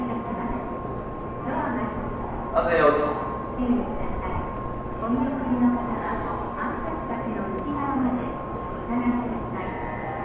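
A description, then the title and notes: Ambience at a train station in Japan, dominated by a steady murmur of people talking with voices overlapping throughout. A constant high tone, like a machine hum, runs underneath, and a brief brighter clatter stands out near the three-second mark. TRAIN STATION IN JAPAN AMBIENCE.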